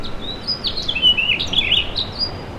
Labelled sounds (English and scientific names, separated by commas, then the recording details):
House Finch (Haemorhous mexicanus) song
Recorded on Long Island, New York, on 24 June 2012
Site SO
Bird A